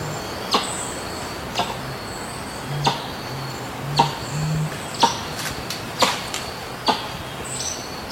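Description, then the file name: Helmeted curassow deep booming notes in a short series, with sharp clicks and high whistled sounds around them. "Canto do mutum de elmo"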